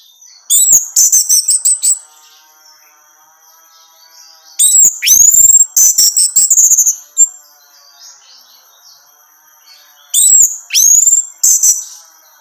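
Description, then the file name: Orange-headed thrush in three sharp bursts of high, rapid chattering notes with short clicks, separated by silent gaps of several seconds. Female bird. "suara burung anis merah betina"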